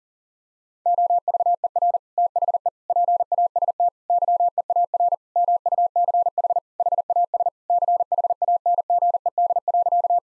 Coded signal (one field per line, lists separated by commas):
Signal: Morse code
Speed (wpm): 40 wpm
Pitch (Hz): 700 Hz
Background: none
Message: OVER THE PAST YEAR MUCH HAS CHANGED.